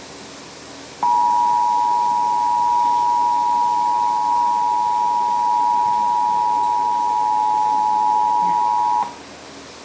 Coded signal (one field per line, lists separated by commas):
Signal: Emergency Alert System (SAME) tones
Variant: 853 and 960 Hz attention tone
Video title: National EAS Test Compilation 9/27/17 (EAS#181-186)